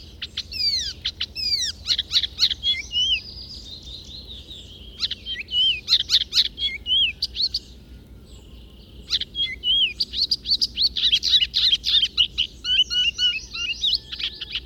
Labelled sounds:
Icterine Warbler (Hippolais icterina) song

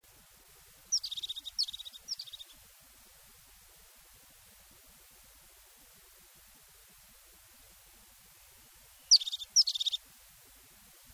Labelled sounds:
European Crested Tit (Lophophanes cristatus) song

